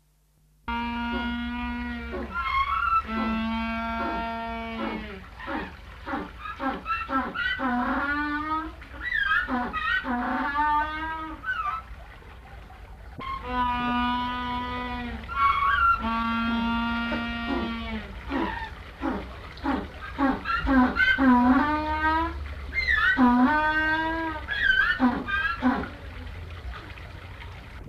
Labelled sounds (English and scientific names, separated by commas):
African Penguin (Spheniscus demersus) call